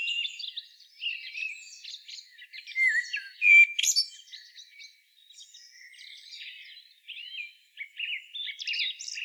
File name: Turdus merula